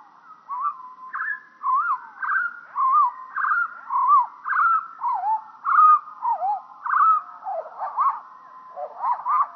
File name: GOBEMOUCHE NOIR